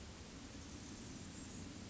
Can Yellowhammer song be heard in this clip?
no